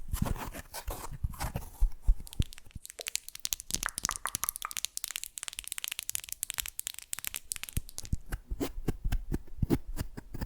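Fast, unpredictable ASMR triggers: a rapid run of sharp, bright taps and crinkly clicks that shift in rhythm and density throughout. The first two seconds carry softer, lower rustling and scraping, then dense crackling tapping takes over, spacing out into quicker, crisper hits near the end.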